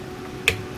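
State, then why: Seated. A top motor retaining spring clip on a Whirlpool washer is pushed down hard onto the drive motor and bracket. It snaps sharply into place at 0.5 s, a single bright click over a quiet background. The clip is seated and now holds up the motor.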